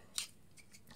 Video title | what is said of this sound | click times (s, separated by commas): SMARS Mini Modular Robot! | like so, and just give it a bit of a wiggle under there, and it'll just pop out, like | 0.2 s